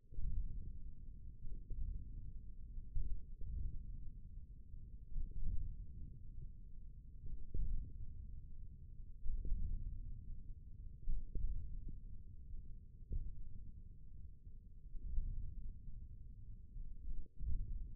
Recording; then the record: forearm muscle sounds (acoustic myography)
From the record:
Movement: hand opening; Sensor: system 1, eight BSWA MPA416 microphones around the upper forearm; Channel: 1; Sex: male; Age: 41 years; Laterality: right